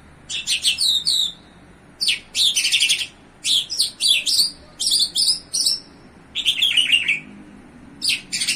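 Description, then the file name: Bimaculated lark song: bursts of rapid, chirpy and trilled notes with buzzy slurs, in six phrases separated by short pauses. In Iran. "iranian sound bimaculated lark"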